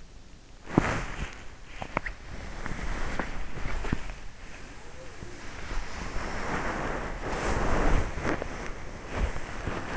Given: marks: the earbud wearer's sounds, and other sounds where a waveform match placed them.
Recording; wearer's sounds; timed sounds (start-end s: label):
sounds in sleep by an in-ear microphone; body movement
0.00-1.72 s: body movement
2.21-8.48 s: body movement